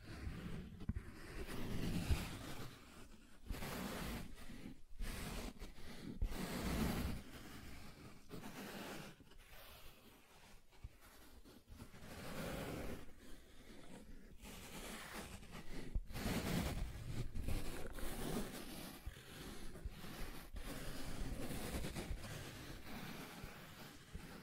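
Soft tracing across smooth and rough surfaces, a steady run of gentle scratchy strokes with brief pauses and occasional brighter swipes.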